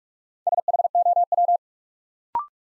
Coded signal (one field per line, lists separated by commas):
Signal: Morse code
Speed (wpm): 44 wpm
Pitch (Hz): 700 Hz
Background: none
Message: SHOW